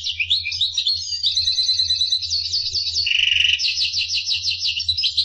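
Finch singing a continuous rapid high-pitched warble of buzzy trills and chirps throughout, with a constant low hum in the background.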